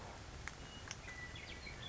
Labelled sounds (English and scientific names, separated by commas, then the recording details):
Western Meadowlark (Sturnella neglecta)
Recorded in Sonoma County, California